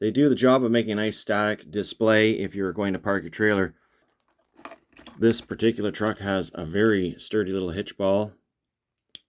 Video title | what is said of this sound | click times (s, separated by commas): Greenlight Hitch and Tow series 30 - FULL REVIEW | snaps right in place | 9.2 s